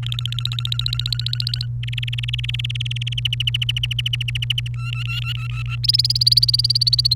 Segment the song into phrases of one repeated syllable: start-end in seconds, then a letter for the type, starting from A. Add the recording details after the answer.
0.03-1.66 A, 1.83-3.13 B, 3.17-4.68 C, 4.74-5.76 D, 5.83-7.14 E. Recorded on 29 April 2018 at 17:49. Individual llb3